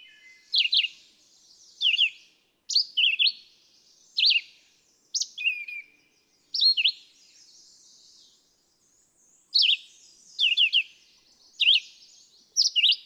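Red-eyed vireo song of brief whistled phrases, some rising and some falling, repeated about once a second with a longer pause partway through.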